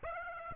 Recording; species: mosquito wingbeat signal from an infrared sensor; Aedes aegypti